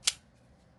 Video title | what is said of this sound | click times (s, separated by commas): Spyderco Showdown - Sage 5 vs Para 3 - EEDC Showdown | so those two combined i mean you can just hear the snappiness | 0.1 s